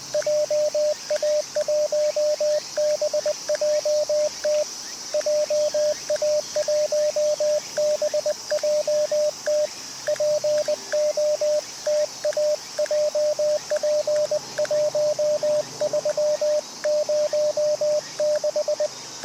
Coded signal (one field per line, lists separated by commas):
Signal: Morse code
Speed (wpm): 20 wpm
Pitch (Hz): 590 Hz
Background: radio noise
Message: JA1BJT JA1BJT POTA JP1306